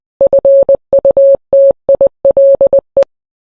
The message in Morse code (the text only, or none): FUTILE